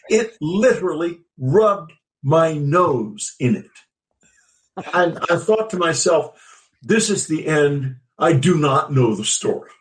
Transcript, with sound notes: It literally rubbed my nose in it.
(laughs)
I, I thought to myself, "This is the end. I do not know the story."